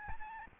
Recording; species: mosquito wingbeat signal from an infrared sensor; Aedes albopictus